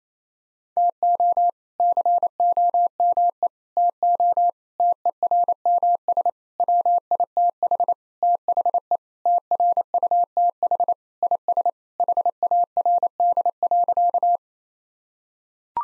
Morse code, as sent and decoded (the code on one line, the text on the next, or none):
- --- / -.-. --- -- . / - --- / - . .-. -- ... / .-- .. - .... / - .... . / - .-. ..- - .... / .. ... / .... .- .-. -.. .-.-.-
TO COME TO TERMS WITH THE TRUTH IS HARD.